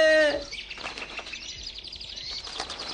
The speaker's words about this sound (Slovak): Aha, vtáčkovia v sieti chytení. Tak, nebojte sa. Pekne vás zo siete vymotám.